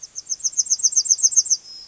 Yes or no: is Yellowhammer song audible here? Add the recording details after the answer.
yes. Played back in grassland. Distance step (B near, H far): C. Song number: 015